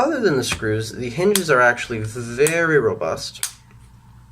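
Someone talks while handling the sturdy folding hinge of a House of Marley Liberate XLBT over-ear headphone headband. The speech fades by about 3.5 s, leaving quiet handling noise until the end. Nothing has seated or clicked into position yet.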